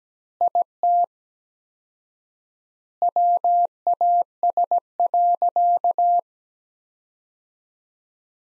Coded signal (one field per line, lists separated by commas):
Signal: Morse code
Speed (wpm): 17 wpm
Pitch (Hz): 700 Hz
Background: none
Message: IT WAS.